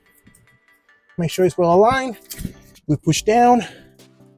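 A hardwood floor panel in a Saturn KM330D V Keel inflatable boat is lined up with the neighbouring panel and pushed down so the two interlock. Someone talks over a few faint, light knocks. The clip ends before the panel goes home, and nothing has seated or clicked yet.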